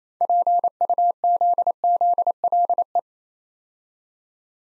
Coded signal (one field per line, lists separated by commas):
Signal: Morse code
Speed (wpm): 27 wpm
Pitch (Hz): 700 Hz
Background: none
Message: PUZZLE